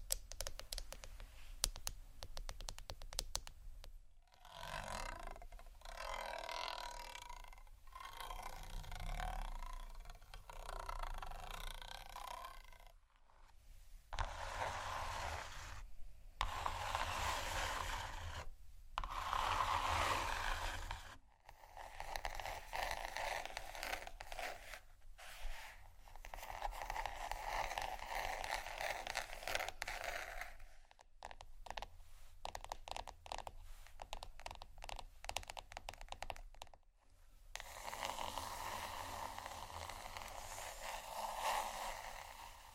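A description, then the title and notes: Plastic and glass rattle, tap and scratch in restless bursts, with sharp clicks clustered near 4, 13, 21, 31 and 37 seconds. Between them come swelling, wave-like washes of bright hiss that rise and fall every few seconds over a low steady hum. ASMR for People who Don't Tingle (plastic, glass, rattle, tapping, scratching, waves ) (No Talking).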